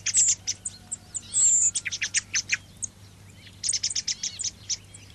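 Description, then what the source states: Thrush song: rapid high twittering bursts with thin sustained whistles, a pause, then another fast chattering phrase over a faint low hum. Song phrases (moduli).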